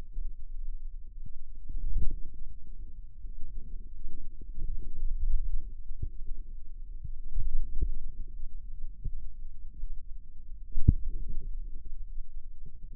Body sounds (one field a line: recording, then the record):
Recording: forearm muscle sounds (acoustic myography)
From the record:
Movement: radial deviation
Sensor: system 2, bracelet of six BSWA MPA416 microphones around the upper forearm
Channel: 5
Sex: female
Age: 23 years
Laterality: right